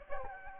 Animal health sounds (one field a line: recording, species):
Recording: mosquito wingbeat signal from an infrared sensor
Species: Culex quinquefasciatus